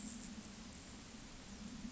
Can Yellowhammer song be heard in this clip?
no